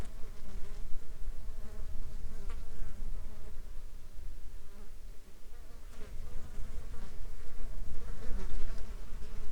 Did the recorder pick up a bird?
no